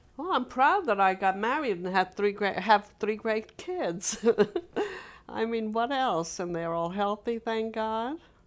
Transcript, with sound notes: Well, I'm proud that I got married and had three great, three great kids!. (she laughs) I mean, what else? And they're all healthy, thank god.